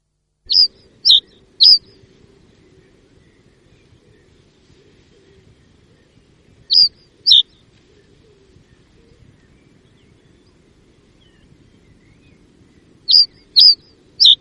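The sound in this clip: Common reed bunting giving short high downward-sliding calls in clusters of two or three, with long silent pauses between groups.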